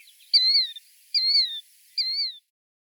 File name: Killdeer